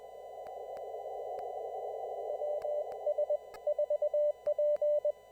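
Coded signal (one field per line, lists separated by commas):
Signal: Morse code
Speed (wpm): 21 wpm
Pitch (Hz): 590 Hz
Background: none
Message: WS4P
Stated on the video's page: Typical formal CW traffic net with net control opening, check-ins and releases; no radiograms sent.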